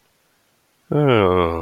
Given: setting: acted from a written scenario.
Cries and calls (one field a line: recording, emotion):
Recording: vocal sound without words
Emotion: ecstasy